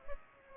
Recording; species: mosquito wingbeat signal from an infrared sensor; Culex pipiens